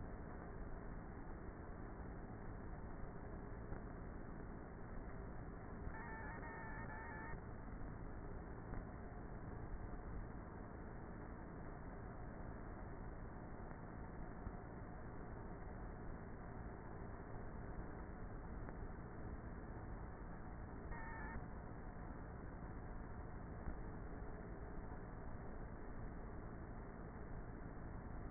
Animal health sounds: honeybee colony, microphone inside the hive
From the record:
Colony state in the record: queenless with a low population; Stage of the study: before two queens were removed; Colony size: about 30,000 bees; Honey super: no

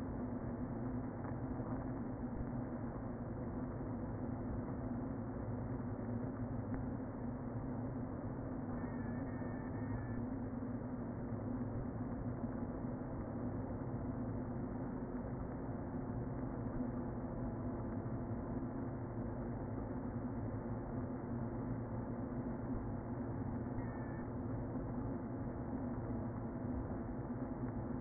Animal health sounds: honeybee colony, microphone inside the hive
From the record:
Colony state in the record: queen present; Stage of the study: before two queens were removed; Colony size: about 60,000 bees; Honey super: yes

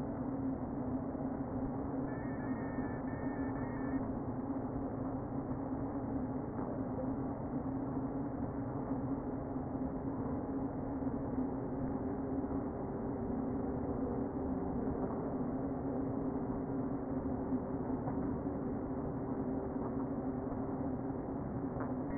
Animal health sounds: honeybee colony, microphone inside the hive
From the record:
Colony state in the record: queen present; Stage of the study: before two queens were removed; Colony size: about 60,000 bees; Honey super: yes

